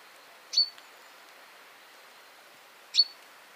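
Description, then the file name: Common chaffinch calls: two sharp metallic notes roughly two and a half seconds apart, each with a brief ringing tail, over quiet hiss. "Fringilla coelebs"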